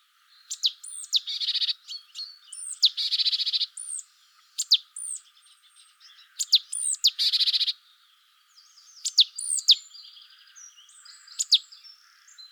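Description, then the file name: Great tit scolding calls: quick, sharp, falling notes and grating churrs repeat in a busy sequence, with fainter twittering. "Parus major"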